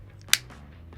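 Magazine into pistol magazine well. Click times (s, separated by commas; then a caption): 0.3 s. A partially inserted pistol magazine is pushed up into the pistol's magazine well until the magazine release catches it. A single sharp, bright click rings out at 0.3 s against a quiet background, with a few faint ticks around it. The magazine is now fully seated.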